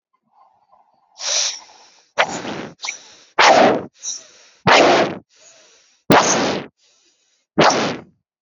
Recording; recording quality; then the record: shallow breathing; moderate, slight background noise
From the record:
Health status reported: healthy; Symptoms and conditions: none ticked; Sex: male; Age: 30 years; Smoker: yes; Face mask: not worn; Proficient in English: yes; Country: India